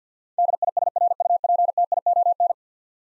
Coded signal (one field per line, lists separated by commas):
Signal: Morse code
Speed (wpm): 52 wpm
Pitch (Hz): 700 Hz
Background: none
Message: DISRUPTION